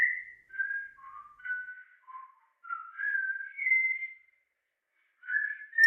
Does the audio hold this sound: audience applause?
no